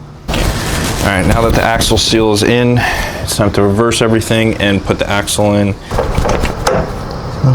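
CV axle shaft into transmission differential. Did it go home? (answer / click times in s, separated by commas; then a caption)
yes / 6.7 s. On an SRT-4, with the new axle seal installed, a CV axle shaft is pushed into the transmission differential. Someone talks for most of the clip, then a short, sharp click at 6.7 s marks the retaining clip snapping home, and the axle is seated.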